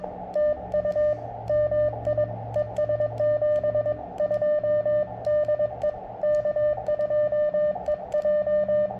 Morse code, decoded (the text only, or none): TU MI ES 72 DE K2EJ